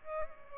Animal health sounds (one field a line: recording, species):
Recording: mosquito wingbeat signal from an infrared sensor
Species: Aedes albopictus